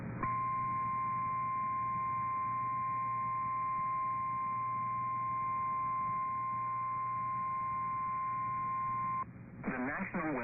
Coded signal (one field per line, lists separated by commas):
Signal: Emergency Alert System (SAME) tones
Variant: 1050 Hz attention tone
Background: speech